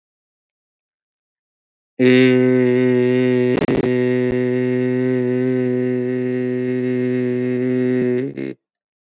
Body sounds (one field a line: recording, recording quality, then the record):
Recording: sustained vowel as in made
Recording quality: excellent, no background noise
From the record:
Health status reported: COVID-19 positive, no symptoms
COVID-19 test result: positive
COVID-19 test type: RT-PCR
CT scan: not taken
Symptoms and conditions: cough, fever, muscle pain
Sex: male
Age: 33 years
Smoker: yes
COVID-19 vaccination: both doses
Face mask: not worn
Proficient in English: yes